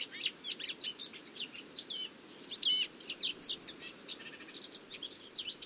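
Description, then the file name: Eurasian blackcap song, a busy run of high chirps and warbles broken by a few clear whistled slurs, phrases following each other almost without break. "Sylvia atricapilla"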